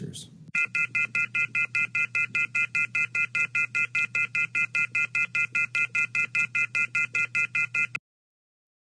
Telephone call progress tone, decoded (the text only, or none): off-hook warning tone